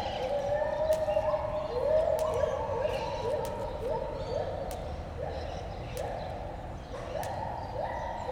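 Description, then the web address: White-handed gibbon song: a series of rising whooping notes repeated in quick succession, loud and steady, with faint clicks behind. Singing in the monkey house at Debrecen Zoo in 2012. "debrecenizoo 2012 premium feherkezugibbon"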